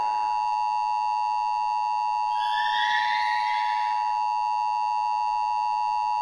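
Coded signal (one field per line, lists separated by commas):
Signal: Emergency Alert System (SAME) tones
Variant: 853 and 960 Hz attention tone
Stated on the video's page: Simulated EAS hurricane scenario.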